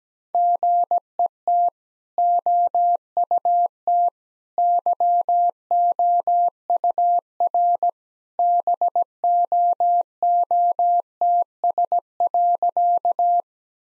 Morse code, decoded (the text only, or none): GET OUT YOUR BOOTS.